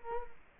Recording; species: mosquito wingbeat signal from an infrared sensor; Culex quinquefasciatus